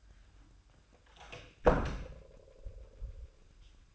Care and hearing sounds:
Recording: daily activity, microphone in the room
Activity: close door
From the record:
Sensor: 2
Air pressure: 1004.6 hPa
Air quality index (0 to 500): 75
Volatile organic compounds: 1 ppm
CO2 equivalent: 894 ppm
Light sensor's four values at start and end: 7/16/7/7 and 7/16/6/7

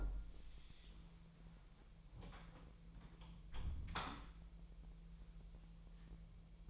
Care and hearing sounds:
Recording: daily activity, microphone in the room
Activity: close door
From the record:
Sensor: 1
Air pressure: 1001.3 hPa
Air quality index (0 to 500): 250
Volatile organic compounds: 145 ppm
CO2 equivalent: 4000 ppm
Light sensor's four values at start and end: 13/31/12/14 and 12/30/12/13

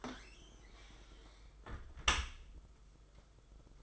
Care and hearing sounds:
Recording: daily activity, microphone in the room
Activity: close dishwasher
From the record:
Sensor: 5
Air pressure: 991.5 hPa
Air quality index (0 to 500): 115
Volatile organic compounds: 34 ppm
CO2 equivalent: 3031 ppm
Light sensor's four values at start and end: 39/125/47/51 and 39/123/47/50

